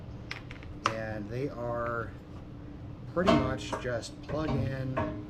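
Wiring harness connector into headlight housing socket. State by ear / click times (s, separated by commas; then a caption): not seated / none. A plastic wiring harness connector is being handled at the socket on the back of a 5th Gen Camaro headlight housing as it is about to be plugged in. Someone talks throughout, with a few brief, sharp handling taps in the first second. Nothing has seated or clicked yet.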